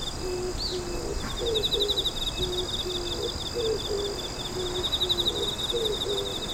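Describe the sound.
Pigeon giving repeated low cooing notes in short rhythmic groups, with a brief high bird chirp near the start and continuous insect trilling behind.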